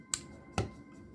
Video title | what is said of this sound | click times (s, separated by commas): Transformers Power of the Primes Deluxe Slug (or Slag): S PIDER'S transforming review | it just kind of clicks in place | 0.1 s, 0.6 s